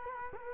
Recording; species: mosquito wingbeat signal from an infrared sensor; Culex quinquefasciatus